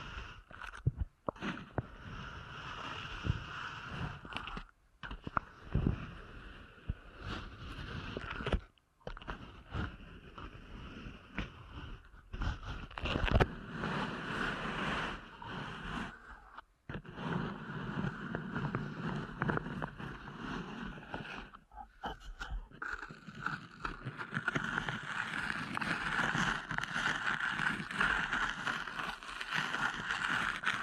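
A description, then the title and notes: Muffled rubbing and pressing sounds fill the ear, as in a deep ear canal massage, with dense rustling and soft thuds. Brief silent gaps break the rubbing near 1, 5, 9, 17 and 22 seconds. After about 23 seconds the sound grows steadier and airier. ASMR Deep Ear Canal Massage for Sleep (No Talking).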